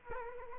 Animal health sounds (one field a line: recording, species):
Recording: mosquito wingbeat signal from an infrared sensor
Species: Culex quinquefasciatus